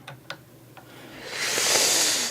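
A torque wrench turns a scope-rail screw in the receiver of a Savage Mark II SR bolt-action .22 LR rifle. Short ticks sound at 0.1 and 0.3 seconds as the tool turns, then a steady rising hiss fills the rest of the clip. The screw does not grip and slips as if stripped out in the front.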